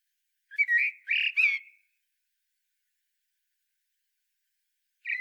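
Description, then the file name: Common blackbird giving one warbled whistling phrase of three quick, slurred notes, then quiet until a brief note at the end. "Turdus merula"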